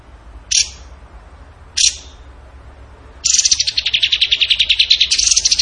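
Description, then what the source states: Bird song: two sharp high chips about a second apart, then a long, fast, pulsing high trill that shifts slightly upward near the end. Bird song in the gacor tembakan style, for masteran (training).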